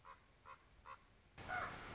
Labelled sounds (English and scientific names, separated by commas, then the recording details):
Common Raven (Corvus corax)
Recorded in Sonoma County, California